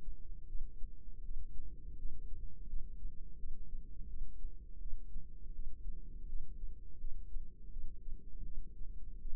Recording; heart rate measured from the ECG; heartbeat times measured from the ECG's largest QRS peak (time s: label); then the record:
heart sounds by microphone in the right ear; 83 bpm
0.47 s: heartbeat
1.23 s: heartbeat
1.96 s: heartbeat
2.68 s: heartbeat
3.37 s: heartbeat
4.07 s: heartbeat
4.79 s: heartbeat
5.53 s: heartbeat
6.27 s: heartbeat
6.99 s: heartbeat
7.70 s: heartbeat
8.44 s: heartbeat
9.19 s: heartbeat
From the record:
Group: healthy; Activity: rest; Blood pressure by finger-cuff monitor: 119/88 mmHg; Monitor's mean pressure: 104 mmHg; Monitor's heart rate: 81 bpm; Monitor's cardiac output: 4.6 L/min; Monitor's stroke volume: 56 mL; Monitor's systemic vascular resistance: 1690 dyn s/cm5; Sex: female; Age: 51 years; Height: 162 cm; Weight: 70.04 kg